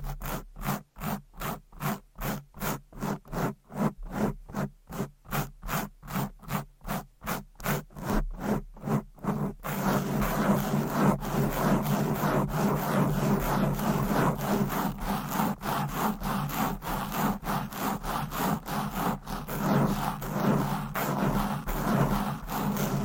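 Fast, aggressive mic scratching: rapid rhythmic strokes pulse evenly for ten seconds, then become a denser, continuous rasping scrape with quicker flickering strokes.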